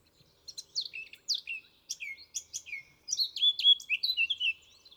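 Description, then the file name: Eurasian blackcap song: a string of separate scratchy notes that builds into a brighter, faster warbled ending. "Sylvia atricapilla"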